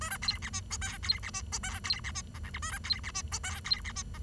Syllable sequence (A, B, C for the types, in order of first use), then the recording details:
A B C D E F G C D E F G C D E H I J A B C D E F G C D E H. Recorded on 23 June 2012 at 10:09. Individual gr41rd51